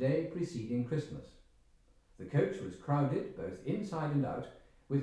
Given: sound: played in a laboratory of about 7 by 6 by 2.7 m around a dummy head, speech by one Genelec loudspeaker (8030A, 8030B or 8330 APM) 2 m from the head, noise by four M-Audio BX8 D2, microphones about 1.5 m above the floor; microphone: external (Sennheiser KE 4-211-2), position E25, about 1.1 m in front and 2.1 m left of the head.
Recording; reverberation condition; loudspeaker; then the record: male speech in English; medium; 90 degrees to the left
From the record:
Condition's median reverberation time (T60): about 510 ms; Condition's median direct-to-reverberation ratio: about -0.5 dB